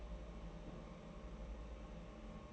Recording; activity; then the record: daily activity, microphone in the room; place on stove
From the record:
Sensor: 1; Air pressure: 992.0 hPa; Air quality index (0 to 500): 217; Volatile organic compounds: 1000 ppm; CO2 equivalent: 8442 ppm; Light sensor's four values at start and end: 21/74/29/29 and 21/74/29/29